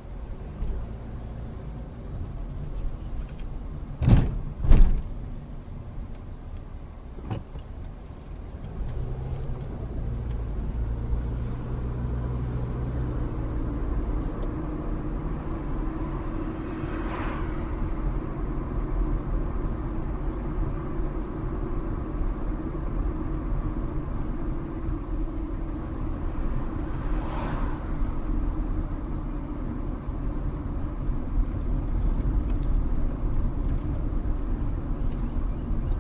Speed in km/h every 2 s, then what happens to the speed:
15, 15, 11, 6, 16, 24, 35, 37, 37, 39, 37, 35, 34, 32, 31, 31, 31, 27.
3-6 slows to 6. 6-17 speeds up to 39. 17-36 slows to 27.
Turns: 5-10.